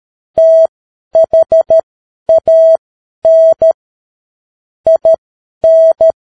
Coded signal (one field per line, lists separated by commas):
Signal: Morse code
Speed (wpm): 13 wpm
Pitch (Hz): 650 Hz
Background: none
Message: THAN IN